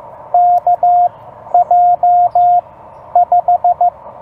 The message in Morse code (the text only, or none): KJ 5